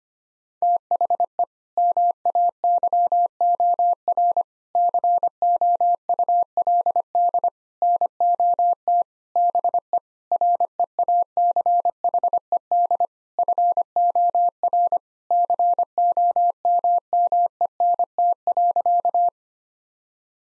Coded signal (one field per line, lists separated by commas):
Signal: Morse code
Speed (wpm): 25 wpm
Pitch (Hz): 700 Hz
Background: none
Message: THE MAYOR COULD NOT BE REACHED FOR COMMENT.